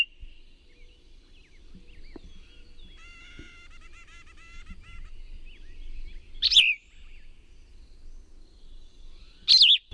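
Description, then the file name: Plumbeous vireo song: two brief, slurred phrases near the end, preceded by a faint run of quick, evenly spaced notes. "PLVI song"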